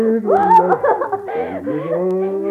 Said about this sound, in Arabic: تبدأ الحيوانات في العويل بحزن